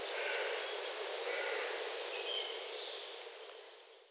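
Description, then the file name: Eurasian blue tit uttering five loud, sharp, descending high notes in quick succession, then after a pause four fainter ones. "Cyanistes caeruleus"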